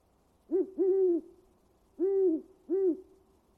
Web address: great horned owl call